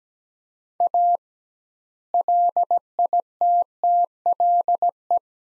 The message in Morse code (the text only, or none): A LITTLE